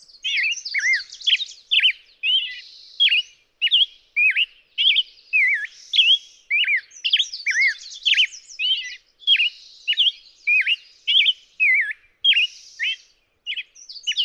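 Black-headed grosbeak song: rolling whistled phrases that rise and fall quickly, interspersed with thin buzzy notes, almost without break.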